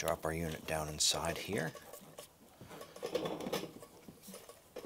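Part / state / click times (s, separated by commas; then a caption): fuel pump into fuel pump module housing / seated / 3.1 s, 4.8 s. Someone talks as a fuel pump unit for a 2001-2007 Ford Escape is dropped down inside the fuel pump module housing and pushed until it clicks into place, then tugged to lock it in. Sharp clicks are heard at 3.2 s and 4.8 s as the pump seats in the module bucket.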